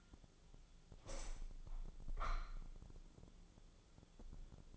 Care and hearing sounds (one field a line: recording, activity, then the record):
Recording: daily activity, microphone in the room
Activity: open window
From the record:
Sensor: 5